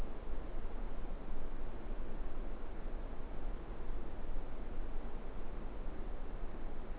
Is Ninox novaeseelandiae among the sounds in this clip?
no